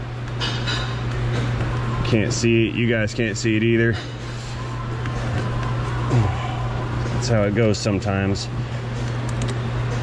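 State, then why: Seated. A metal retainer clip on a Ford 5.4 engine component connection is pushed home by feel, without being seen, while someone talks over a steady low hum. A short sharp click at 9.4 s marks the retainer snapping into place, seated.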